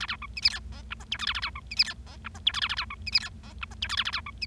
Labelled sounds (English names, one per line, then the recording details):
Bengalese Finch song
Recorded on 25 March 2012 at 15:43
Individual gy6or6